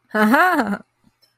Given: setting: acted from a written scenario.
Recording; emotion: vocal sound without words; positive surprise